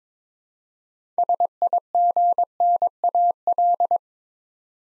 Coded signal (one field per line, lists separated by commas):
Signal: Morse code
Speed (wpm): 22 wpm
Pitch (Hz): 700 Hz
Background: none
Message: SIGNAL